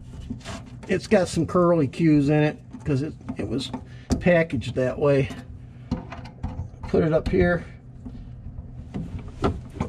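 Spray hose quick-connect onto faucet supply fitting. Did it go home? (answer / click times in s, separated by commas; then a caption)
yes / 9.4 s. Someone talks while a pull-down kitchen faucet spray hose, still curled from its packaging, is fed through and pushed straight up onto the faucet supply fitting's quick-connect, with a few light knocks around 5.9–6.4 s. A sharp click at 9.4 s marks the hose clicking on; it is confirmed seated and checked for a seal.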